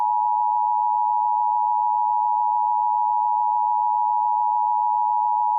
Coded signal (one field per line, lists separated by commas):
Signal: Emergency Alert System (SAME) tones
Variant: 853 and 960 Hz attention tone